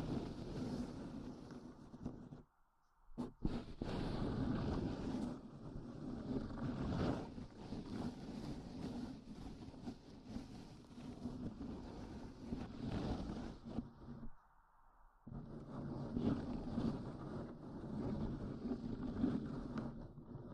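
A microphone is grabbed slowly, giving a dense, rumbling, buffeting noise that sits mostly low with a rough hiss above it. The rumble cuts out almost completely around 2.5 and 14.5 seconds, with a few sharp clicks near 3 seconds before it resumes.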